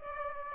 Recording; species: mosquito wingbeat signal from an infrared sensor; Aedes aegypti